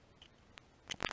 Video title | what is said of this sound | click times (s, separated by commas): Heritage Rough Rider 22LR / 22 Magnum | so holding this plus with that press this little button until it clicks | 1.1 s